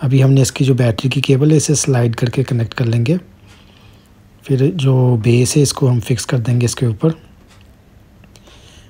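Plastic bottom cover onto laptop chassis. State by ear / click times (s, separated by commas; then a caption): not seated / none. A plastic bottom base cover for a Lenovo laptop is brought over and laid onto the laptop body, with someone talking for most of the clip. Small knocks from placing the cover are heard near the end around 7.6 s, 8.2 s and 8.4 s. The cover has not yet been pressed down on all sides, and nothing has clicked or locked yet.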